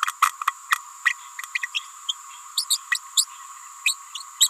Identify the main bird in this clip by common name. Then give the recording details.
Green-rumped Parrotlet. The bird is a female. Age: 28 days. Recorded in a nest box in Venezuela. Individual 17B31A3